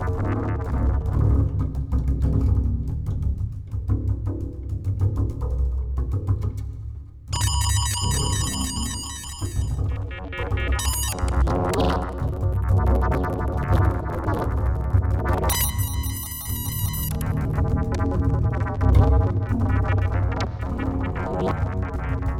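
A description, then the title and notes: Rotating megaphone array sounding over a steady, heavy low rumble. Bright, buzzy ringing tones with many stacked overtones burst in around seven seconds, again near eleven, and strongly at fifteen to seventeen seconds, warbling and pulsing as they sweep around. Rotating megaphone array.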